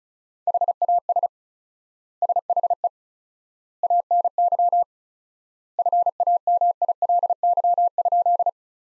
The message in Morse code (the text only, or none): HAS SHE ANY FAMILY?